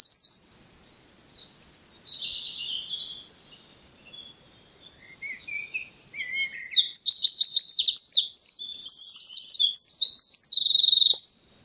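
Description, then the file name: Eurasian wren singing, with quieter scattered high notes for six seconds, then a long, loud burst of rapid trills and chattering phrases. "Troglodytes troglodytes"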